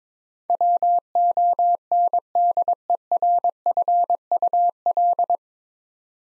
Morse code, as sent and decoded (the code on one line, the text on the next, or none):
.-- --- -. -.. . .-. ..-. ..- .-..
WONDERFUL